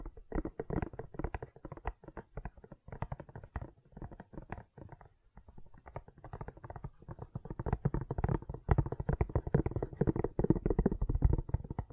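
Gentle silicone sounds made of soft squishing and sticky, rapid clicks, mostly low and muffled with little brightness. The handling is busy and irregular, thinning out briefly around the middle before growing denser and fuller again through the last several seconds.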